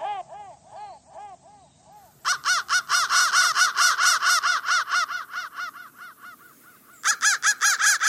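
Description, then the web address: Crow calling with softer, lower caws at first, then a sudden loud run of rapid harsh caws that tails off before another strong burst. "soundfactory crow"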